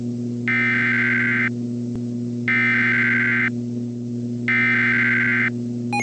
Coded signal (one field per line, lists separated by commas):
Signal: Emergency Alert System (SAME) tones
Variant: header bursts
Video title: Dark Storm Redux (EAS Scenario)